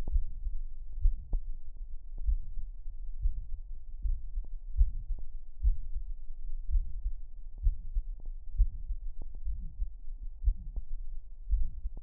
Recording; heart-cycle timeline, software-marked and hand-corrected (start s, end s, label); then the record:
heart sounds
0.00	0.11	diastole
0.11	0.25	S1
0.25	0.45	systole
0.45	0.55	S2
0.55	1.01	diastole
1.01	1.15	S1
1.15	1.33	systole
1.33	1.43	S2
1.43	2.26	diastole
2.26	2.37	S1
2.37	2.57	systole
2.57	2.68	S2
2.68	3.22	diastole
3.22	3.34	S1
3.34	3.53	systole
3.53	3.64	S2
3.64	4.05	diastole
4.05	4.15	S1
4.15	4.35	systole
4.35	4.44	S2
4.44	4.77	diastole
4.77	4.91	S1
4.91	5.09	systole
5.09	5.17	S2
5.17	5.63	diastole
5.63	5.79	S1
5.79	5.97	systole
5.97	6.09	S2
6.09	6.69	diastole
6.69	6.85	S1
6.85	7.03	systole
7.03	7.13	S2
7.13	7.63	diastole
7.63	7.75	S1
7.75	7.93	systole
7.93	8.03	S2
8.03	8.57	diastole
8.57	8.71	S1
8.71	8.87	systole
8.87	8.97	S2
8.97	9.47	diastole
9.47	9.59	S1
9.59	9.79	systole
9.79	9.89	S2
9.89	10.45	diastole
10.45	10.57	S1
10.57	10.75	systole
10.75	10.85	S2
10.85	11.49	diastole
11.49	11.65	S1
11.65	11.83	systole
11.83	11.93	S2
11.93	12.02	diastole
From the record:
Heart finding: mitral regurgitation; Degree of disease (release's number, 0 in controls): 2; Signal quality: good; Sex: male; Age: 80 years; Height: 1.65 m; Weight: 90 kg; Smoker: yes